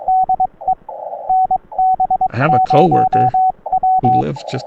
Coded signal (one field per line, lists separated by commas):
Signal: Morse code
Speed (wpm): 22 wpm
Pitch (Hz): 750 Hz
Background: speech, radio noise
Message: DE NB0W